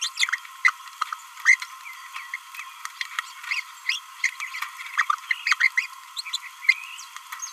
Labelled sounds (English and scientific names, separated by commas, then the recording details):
Green-rumped Parrotlet (Forpus passerinus) babbling
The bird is a female
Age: 26 days
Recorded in a nest box in Venezuela
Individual 17B31A3